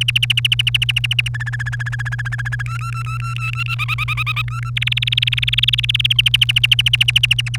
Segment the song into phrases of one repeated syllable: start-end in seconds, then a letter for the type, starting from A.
0.01-1.28 A, 1.34-2.62 B, 2.66-3.75 C, 3.79-4.42 D, 4.48-4.70 C, 4.76-6.13 E, 6.18-7.57 A